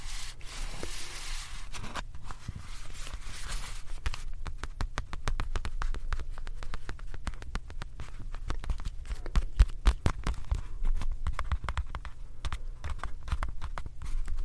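Handling sounds of a makeup puff and pouch: the first four seconds are a bright, hissing rustle in two bursts, then a dense, irregular run of sharp taps, clicks and soft squishes fills the rest. A low, steady hum sits underneath throughout.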